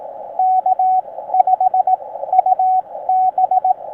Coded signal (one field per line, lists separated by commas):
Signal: Morse code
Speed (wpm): 22 wpm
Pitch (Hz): 750 Hz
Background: radio noise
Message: K5UB